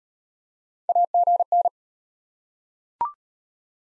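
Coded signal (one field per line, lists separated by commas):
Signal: Morse code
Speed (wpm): 34 wpm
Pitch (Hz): 700 Hz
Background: none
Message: AGN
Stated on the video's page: Morse practice of the top 20 QSO elements, starting fast and slowing to a 25 wpm base; fastest speed 1.5 times base, final repeat at maximum speed.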